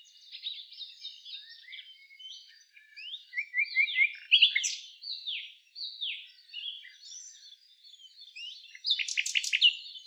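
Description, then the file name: Common nightingale song: a varied string of high, slurred and chirping phrases that ends in a loud burst of rapidly repeated notes. "Luscinia megarhynchos"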